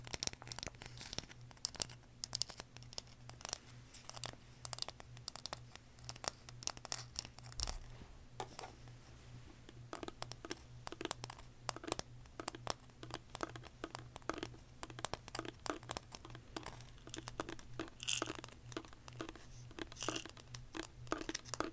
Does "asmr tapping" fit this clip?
yes